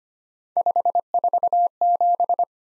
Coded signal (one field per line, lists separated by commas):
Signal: Morse code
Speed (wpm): 25 wpm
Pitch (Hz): 700 Hz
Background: none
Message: 547